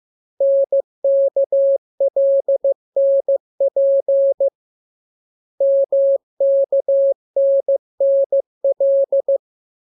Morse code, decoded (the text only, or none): NKLNP MKNNL